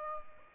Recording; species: mosquito wingbeat signal from an infrared sensor; Aedes aegypti